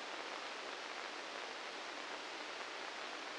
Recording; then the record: brain microelectrode recording played as sound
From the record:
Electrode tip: inside the subthalamic nucleus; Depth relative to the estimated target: -1 mm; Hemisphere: left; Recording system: NeuroSet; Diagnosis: Parkinson's disease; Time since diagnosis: 9 years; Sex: male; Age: 61 years